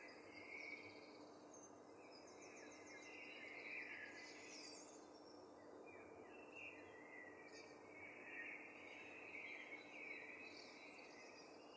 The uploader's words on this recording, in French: Au cœur de la ville animée de Paris se trouve une symphonie cachée qui s'éveille avec les premiers rayons de lumière - l'enchantant chœur de l'aube des oiseaux. Sons du Chœur de l’Aube.